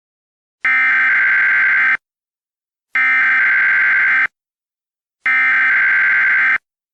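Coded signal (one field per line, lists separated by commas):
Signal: Emergency Alert System (SAME) tones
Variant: header bursts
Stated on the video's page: Fictional EAS scenario, simulated alert.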